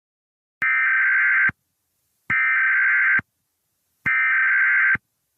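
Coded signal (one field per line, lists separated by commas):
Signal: Emergency Alert System (SAME) tones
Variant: header bursts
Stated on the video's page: Fictional EAS scenario, not a real alert.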